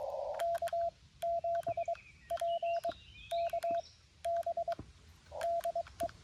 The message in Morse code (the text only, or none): K7PKB DE